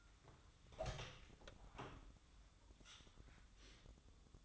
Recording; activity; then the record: daily activity, microphone in the room; open door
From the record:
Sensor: 3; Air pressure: 1004.9 hPa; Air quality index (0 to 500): 73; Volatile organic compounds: 2 ppm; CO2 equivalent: 1090 ppm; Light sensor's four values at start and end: 8/20/8/8 and 9/20/8/8